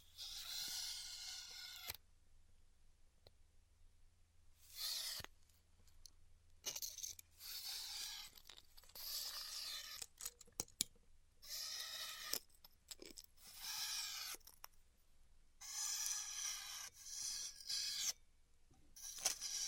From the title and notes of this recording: ASMR Styrofoam Heat Cutting (No Talking).